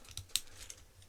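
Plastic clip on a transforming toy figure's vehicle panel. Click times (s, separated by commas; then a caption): 0.4 s. A plastic clip on a transforming robot toy's vehicle panel is pressed together during the figure's conversion, with soft plastic handling ticks around 0.2 s and 0.7 s. A sharp, bright click at 0.4 s marks the clip seating, connecting the parts into the front of a car.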